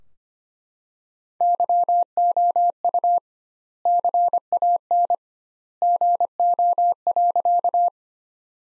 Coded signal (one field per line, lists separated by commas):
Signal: Morse code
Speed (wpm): 25 wpm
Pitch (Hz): 700 Hz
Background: none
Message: YOU CAN GO.